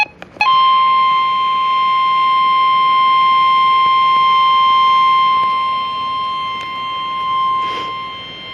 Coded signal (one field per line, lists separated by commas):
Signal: Emergency Alert System (SAME) tones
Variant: 1050 Hz attention tone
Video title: Severe Thunderstorm Warning for golf ball sized hail! (EAS #161)